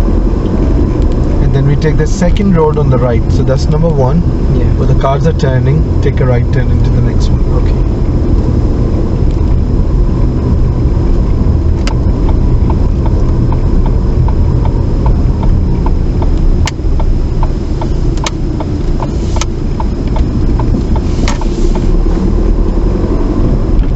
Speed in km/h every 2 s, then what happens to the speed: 27, 26, 23, 24, 24, 23, 21, 16, 11, 11, 19, 27.
0-11 steady at about 24. 11-15 slows to 11. 18-24 speeds up to 27.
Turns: 15-19.